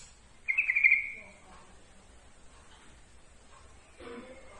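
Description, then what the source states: Yellow-vented bulbul song: one quick trilled phrase lasting under a second, followed by quiet and a brief patch of lower noise near the end. Trucukan song, for masteran training.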